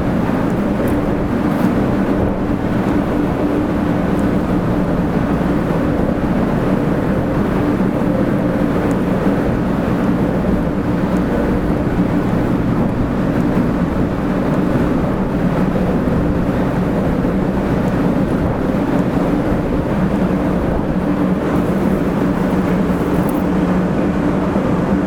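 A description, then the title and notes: Running sound of a Shinkansen 500 series train, a steady, dense roar that holds level for the whole stretch. Low rumble and a mid-range drone dominate, with faint hiss above and small irregular rattles and clicks scattered throughout. 新幹線500系 山陽新幹線 こだま号 厚狭到着前から新山口まで. 新幹線500系電車の走行音です。 JR西日本 山陽新幹線で録音しました。 It is the running sound of the 500 series trains of the Shinkansen.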